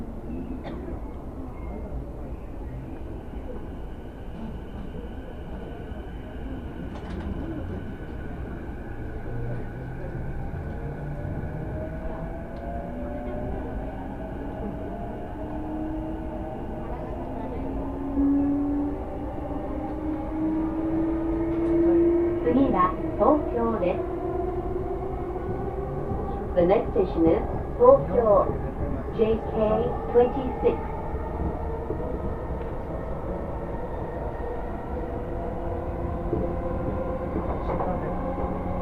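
A ride on a Tokyo commuter train, with a steady low rumble and rising and falling motor whines that climb in pitch as the train gathers speed. From about twenty seconds, rattling clatters and brief bursts of voices join in, growing louder toward the end.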